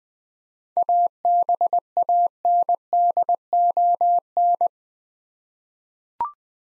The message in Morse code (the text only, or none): ABANDON